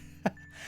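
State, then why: Seated. A stiff plastic leg joint on a brick-built LEGO 76282 Rocket Raccoon and Baby Groot figure is pushed into the figure's body; it is stiffer than the other leg and at first was not pushed in far enough. A single sharp click sounds at 0.3 s against quiet background hum, and the leg joint is seated.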